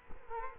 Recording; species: mosquito wingbeat signal from an infrared sensor; Culex quinquefasciatus